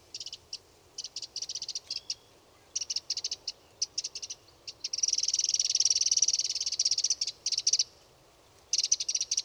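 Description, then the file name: Eurasian wren giving rapid, high ticking runs, then a long harsh churring rattle lasting about three seconds, and more ticking after it. "Troglodytes troglodytes"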